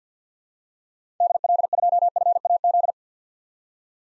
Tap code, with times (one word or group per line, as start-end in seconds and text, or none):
none